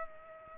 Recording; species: mosquito wingbeat signal from an infrared sensor; Culex pipiens